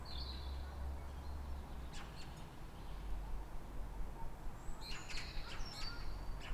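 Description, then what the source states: Birds give a brief whistle at the start, then a cluster of quick high chirps near the end, over a constant low traffic drone. Calm morning, 3 May, Fresnes, Île-de-France, France; background noise from the ring road and distant voices.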